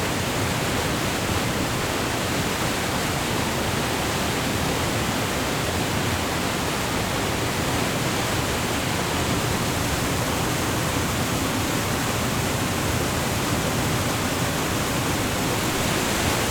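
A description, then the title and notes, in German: A waterfall roars, a dense, unbroken rush of falling water that fills everything from low rumble to bright hiss. The sound holds perfectly steady for the whole stretch, with no separate splashes or other sounds standing out. Slap Savica in Nord-Slowenien Kollage aus Aufnahmen an verschiedenen Stellen mit verschiedenen Stereowinkeln. Die ersten Aufnahmen sind am Ursprung, die letzten am Ende des Wasserfalls entstanden.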